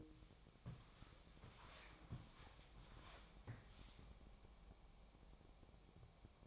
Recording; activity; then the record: daily activity, microphone in the room; walk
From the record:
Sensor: 1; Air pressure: 1000.5 hPa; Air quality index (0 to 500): 166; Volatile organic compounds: 4 ppm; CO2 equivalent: 1544 ppm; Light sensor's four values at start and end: 12/28/12/13 and 12/28/12/13